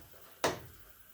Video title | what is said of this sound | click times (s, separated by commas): HOW TO DO YEARLY LAWNMOWER MAINTENANCE | you heard a click there | 0.4 s